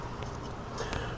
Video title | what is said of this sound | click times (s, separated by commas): Zipdisk Review: G2 Swindle and Animated Swindle | They click into place nicely. | 0.2 s, 0.9 s